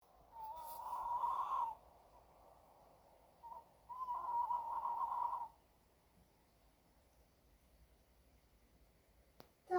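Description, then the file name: Owl calls: two drawn-out, slightly wavering hooting notes, each over a second long, with a short note between them, then quiet and a sharp knock at the end. "ugla"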